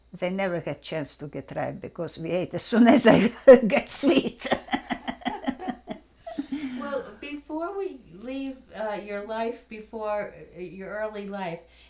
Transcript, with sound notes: They never had chance to get ripe because we ate as soon as they get sweet. (They laugh.)
Well, before we leave your life before, your early life,